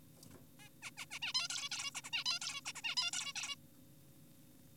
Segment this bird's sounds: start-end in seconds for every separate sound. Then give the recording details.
0.60-0.69, 0.82-0.91, 0.98-1.06, 1.11-1.19, 1.22-1.33, 1.35-1.48, 1.50-1.69, 1.72-1.91, 1.95-2.02, 2.04-2.10, 2.13-2.24, 2.26-2.39, 2.42-2.61, 2.66-2.73, 2.76-2.82, 2.84-2.95, 2.97-3.11, 3.13-3.33, 3.36-3.55. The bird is an adult. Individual g4p5U